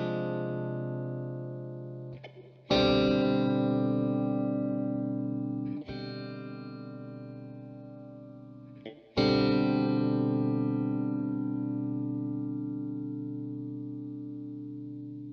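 Bells toll in slow, heavy strokes, struck at about 2.7, 5.8 and 9.2 seconds, each ringing on in a thick, buzzing drone that fades slowly. The tone is low and layered with many bright overtones, sounding distorted and effect-laden, with a brief scrape before each strike.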